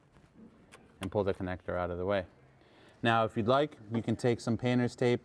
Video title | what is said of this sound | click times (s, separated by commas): Porsche 996 911 Oil Cooler Replacement DIY - (Carrera & Boxster 3.4L & 3.6L) | similar to the ignition coils if you saw that video you want to simply press on that tab until it clicks off | 0.7 s